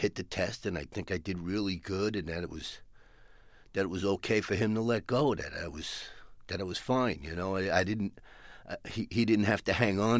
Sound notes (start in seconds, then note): none